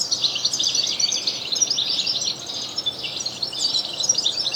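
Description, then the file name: European goldfinch song: a steady, busy stream of high, tinkling chirps filling the whole stretch. "Carduelis carduelis"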